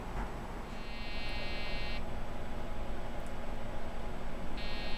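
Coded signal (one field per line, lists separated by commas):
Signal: beep code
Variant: Dell BIOS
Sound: a harsh buzzing beep of about 1.3 seconds, a long pause, then another begins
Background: low hum, room noise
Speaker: Okay, I plugged up the test power supply. Now it's turning on, but giving the horrendous beep code.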